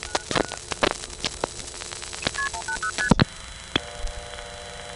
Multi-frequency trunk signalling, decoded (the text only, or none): KP180ST